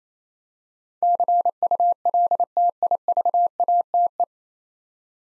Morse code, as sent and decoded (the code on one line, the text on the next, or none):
-.-. ..- .-.. - .. ...- .- - .
CULTIVATE